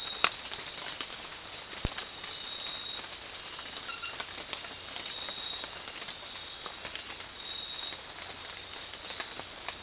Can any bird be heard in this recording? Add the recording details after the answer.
no. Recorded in secondary vegetation near Puerto Asís, Putumayo, Colombia, on 8 March 2025 at 00:00. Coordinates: 0.499, -76.323. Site G094